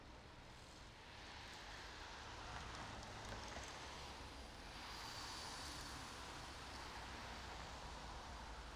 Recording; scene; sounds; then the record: everyday scene through a hearing-aid microphone; in traffic; traffic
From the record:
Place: main road on the outskirts, rush hour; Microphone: in the ear canal, right